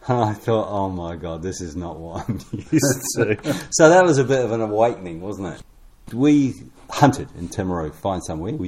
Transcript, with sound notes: And I thought, ‘Oh my God, this is not what’ [chuckles] ‘I’m used to.’ So that was a bit of an awakening, wasn’t it? So we hunted in Timaru to find somewhere;